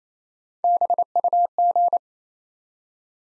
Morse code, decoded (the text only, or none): BUG